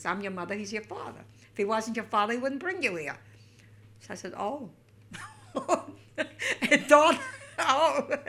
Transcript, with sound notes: I'm your mother, he's your father. If he wasn't your father he wouldn't bring you here." So I says, "Oh." ( she laughs ) It dawned. "Oh."